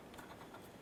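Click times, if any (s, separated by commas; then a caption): none. A headlight wiring harness connector on a 1993–1997 Ford Ranger is lined up and pushed toward the socket on the back of the new headlight assembly. Faint handling sounds and small taps are heard, with brief sharper sounds near 0.1 and 0.9 seconds. Nothing has seated or clicked yet; the connector is not yet home when the clip ends.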